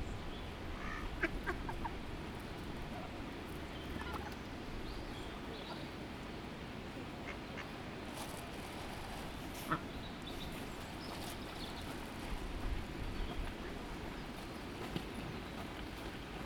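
Ducks feed outdoors amid a steady low rumble, with scattered quacks and splashy clicks popping up, plus a sharper burst near ten seconds.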